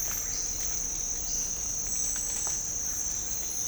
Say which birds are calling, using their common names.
none